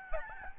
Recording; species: mosquito wingbeat signal from an infrared sensor; Aedes albopictus